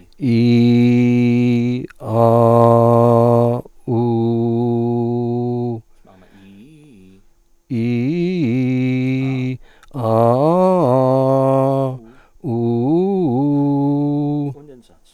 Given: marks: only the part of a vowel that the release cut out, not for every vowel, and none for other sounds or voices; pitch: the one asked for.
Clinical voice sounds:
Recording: sustained vowels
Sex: male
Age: 60 to 69 years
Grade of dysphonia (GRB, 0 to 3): 2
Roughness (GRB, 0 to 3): 2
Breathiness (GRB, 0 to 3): 0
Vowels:
0.47-1.36 s: vowel /i/, low pitch
2.72-3.40 s: vowel /a/, low pitch
4.16-5.61 s: vowel /u/, low pitch
7.82-9.31 s: vowel /i/, low-high-low pitch
10.16-11.70 s: vowel /a/, low-high-low pitch
12.55-14.30 s: vowel /u/, low-high-low pitch
From the record:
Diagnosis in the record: contact pachydermia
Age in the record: 65 years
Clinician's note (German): Beidseitig, verlängerte Schlußphase

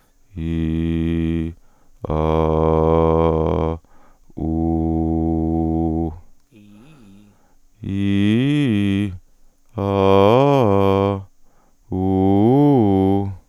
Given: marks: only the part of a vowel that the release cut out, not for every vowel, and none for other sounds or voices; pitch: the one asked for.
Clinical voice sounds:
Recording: sustained vowels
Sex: male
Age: 20 to 29 years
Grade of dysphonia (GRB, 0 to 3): 2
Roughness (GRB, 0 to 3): 2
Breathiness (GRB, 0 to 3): 0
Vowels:
0.40-1.46 s: vowel /i/, low pitch
2.14-3.71 s: vowel /a/, low pitch
4.43-6.04 s: vowel /u/, low pitch
7.90-8.99 s: vowel /i/, low-high-low pitch
9.83-11.12 s: vowel /a/, low-high-low pitch
11.98-13.21 s: vowel /u/, low-high-low pitch
From the record:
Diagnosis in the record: dysodia (singing voice disorder)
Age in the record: 29 years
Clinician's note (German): Überlastungssymptomatik

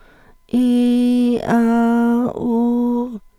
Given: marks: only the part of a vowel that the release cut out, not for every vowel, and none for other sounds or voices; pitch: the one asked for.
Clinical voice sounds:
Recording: sustained vowels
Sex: female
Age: 60 to 69 years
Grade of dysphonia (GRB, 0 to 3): 2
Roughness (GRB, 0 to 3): 0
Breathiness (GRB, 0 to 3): 2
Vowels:
0.55-1.32 s: vowel /i/, high pitch
1.55-2.21 s: vowel /a/, high pitch
2.48-3.01 s: vowel /u/, high pitch
From the record:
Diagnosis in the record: functional dysphonia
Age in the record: 62 years

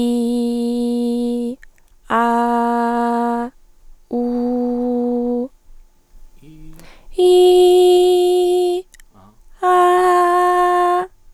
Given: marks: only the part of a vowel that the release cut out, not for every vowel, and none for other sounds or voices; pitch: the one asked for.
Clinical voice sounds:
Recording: sustained vowels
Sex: female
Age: 20 to 29 years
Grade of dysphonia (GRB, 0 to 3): 0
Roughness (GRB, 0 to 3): 0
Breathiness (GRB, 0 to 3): 0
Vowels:
0.00-1.43 s: vowel /i/, normal pitch
2.24-3.39 s: vowel /a/, normal pitch
4.18-5.37 s: vowel /u/, normal pitch
7.41-8.70 s: vowel /i/, high pitch
9.73-10.94 s: vowel /a/, high pitch
From the record:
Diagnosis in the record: healthy voice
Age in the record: 20 years

